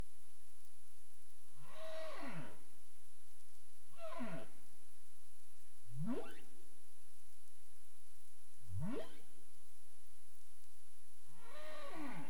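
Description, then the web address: Humpback whale song: five moaning units, a mix of falling and rising sweeps, some with a brief level tone, over quiet background hiss. Caribbean; 27 April 2035 at 22:35 UTC. "CARIMAM. humpback whale 20350427 223531 UTC"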